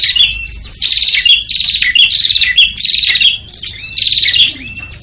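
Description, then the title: Prinia calls: nearly continuous chatter of buzzy, metallic notes and short slurred whistles, with brief pauses. Noisy prinia calls used as a lure to attract prinias, including red-headed and visiting birds. "Suara Prenjak Ribut Buat Pikat Burung Prenjak Kepala Merah Prenjak Tamu"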